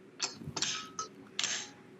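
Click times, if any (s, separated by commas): 0.6 s, 1.4 s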